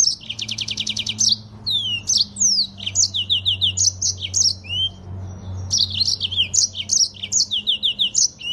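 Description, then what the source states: Streaked spiderhunter song: a rapid buzzy trill, then a fast jumble of high whistles and sharp slurred notes pouring out almost without pause. Local name Pijantung Gunung; described as gacor (singing constantly), clear and long; a masteran recording for training other birds.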